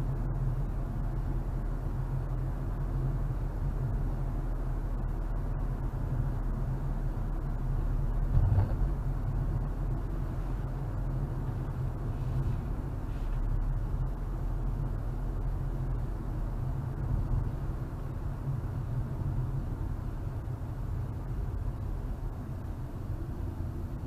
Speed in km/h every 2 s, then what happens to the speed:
40, 40, 40, 40, 39, 40, 39, 37, 37, 35, 34, 32.
0-17 steady at about 40.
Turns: none.